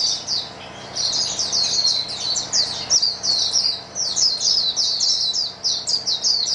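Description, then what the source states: White-eye song chorus. Dense, high, sibilant twitters overlap almost without pause after a quieter opening second. Chorus of many white-eyes singing together.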